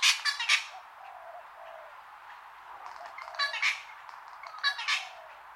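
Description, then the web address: Wattlebird uttering coarse, scratchy bursts in three groups, at the start, the middle and near the end, over a noisy background. Long call. "Sound Effects-Foundation 1 BIRD WATTLE BIRD CALL LONG"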